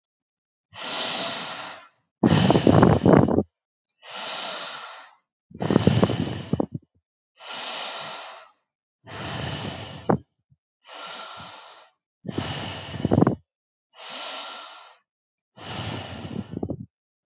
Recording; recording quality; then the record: deep breathing; excellent, no background noise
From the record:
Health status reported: healthy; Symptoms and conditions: none ticked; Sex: male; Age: 18 years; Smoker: not ticked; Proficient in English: yes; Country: India